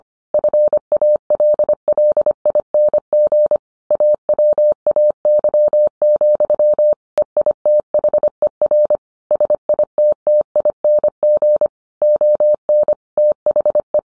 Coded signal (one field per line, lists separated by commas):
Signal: Morse code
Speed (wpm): 25 wpm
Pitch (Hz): 600 Hz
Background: none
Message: FALLING AWAY, EITHER SITTING ON THE